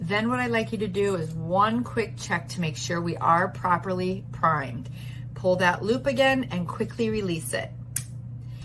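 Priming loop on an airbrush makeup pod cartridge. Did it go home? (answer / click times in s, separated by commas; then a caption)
yes / 8.0 s. Someone talks while the clear plastic priming loop on a pre-filled TEMPTU One airbrush makeup pod cartridge is pulled and quickly released. It snaps back with one sharp click at 8.0 s, the "magic click" showing the pod is properly primed and operational.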